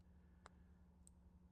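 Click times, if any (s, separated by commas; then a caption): 1.1 s. The crimped terminal on a purple wire is pushed into a square plastic multi-pin connector housing, with the wire at the bottom of the cavity, while installing Custom Dynamics saddlebag LED latch lights on a 2023.5+ Harley-Davidson motorcycle. Against a steady low hum, a brief tick sounds at 0.5 s, then a sharp, bright click at 1.1 s as the locking tab snaps in. The terminal is seated.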